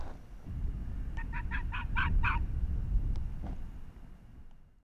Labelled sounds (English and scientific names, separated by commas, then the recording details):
Arctic Fox (Vulpes lagopus)
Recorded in the wild
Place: Insel Mednyi, Kommandeur-Inseln, RU
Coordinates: 54.5167, 168.083
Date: 1999-08-05
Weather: 7°C, bedeckt, starker Westwind
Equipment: Sony WM-D6C, Sennheiser ME 80, K 30 AV, Windkorb, Kopie Tascam DA 30
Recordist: Jakupi, Antje
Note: Südosten der Insel, Haupttal, weisse Stange: Bellstrophen von den "Golanhöhen". Eine davon aufgezeichnet